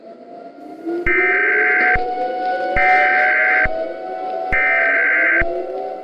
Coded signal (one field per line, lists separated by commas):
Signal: Emergency Alert System (SAME) tones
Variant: header bursts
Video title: King Sombra's Rampage (EAS Scenario)